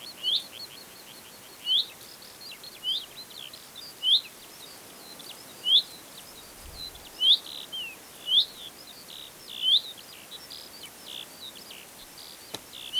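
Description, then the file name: Common chaffinch calling with a short, sharp upward-sweeping note repeated many times, over faint chirps of other birds and steady background hiss. "Fringilla coelebs"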